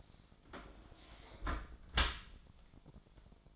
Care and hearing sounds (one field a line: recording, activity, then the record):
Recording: daily activity, microphone in the room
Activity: close dishwasher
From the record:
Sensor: 5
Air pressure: 1003.2 hPa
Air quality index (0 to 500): 131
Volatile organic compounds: 1 ppm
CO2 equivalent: 959 ppm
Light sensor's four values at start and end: 124/305/126/147 and 121/295/122/141